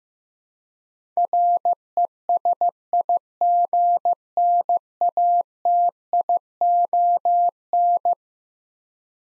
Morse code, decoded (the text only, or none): RESIGNATION